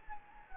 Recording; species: mosquito wingbeat signal from an infrared sensor; Anopheles gambiae